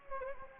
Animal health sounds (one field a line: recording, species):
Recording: mosquito wingbeat signal from an infrared sensor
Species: Anopheles gambiae